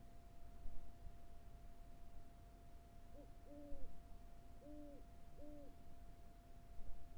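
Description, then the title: Owl hooting: four soft, hollow hoots, the first short, with low rumble and a constant faint tone behind. Recorded on the Carrizo Plain. "neoscenes: Carrizo Plains owl"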